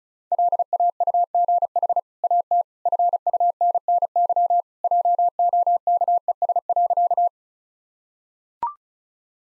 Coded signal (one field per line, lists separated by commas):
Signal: Morse code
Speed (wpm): 36 wpm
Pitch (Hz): 700 Hz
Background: none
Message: LAUGH AT FUNNY JOKES.